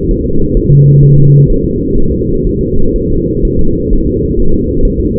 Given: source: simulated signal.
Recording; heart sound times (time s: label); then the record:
fetal heart sounds
0.11 s: S1
0.26 s: S2
0.57 s: S1
0.71 s: S2
1.03 s: S1
1.18 s: S2
1.50 s: S1
1.64 s: S2
1.98 s: S1
2.12 s: S2
2.47 s: S1
2.61 s: S2
2.96 s: S1
3.10 s: S2
3.45 s: S1
3.59 s: S2
3.93 s: S1
4.07 s: S2
4.40 s: S1
4.54 s: S2
4.85 s: S1
5.00 s: S2
From the record:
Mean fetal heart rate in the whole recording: 130 bpm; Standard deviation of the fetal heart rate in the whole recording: 4 bpm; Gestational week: 38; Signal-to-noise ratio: -19.1 dB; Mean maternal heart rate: 72 bpm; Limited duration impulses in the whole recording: present